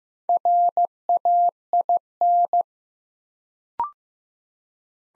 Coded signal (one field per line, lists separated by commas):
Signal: Morse code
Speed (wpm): 15 wpm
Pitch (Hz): 700 Hz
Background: none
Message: RAIN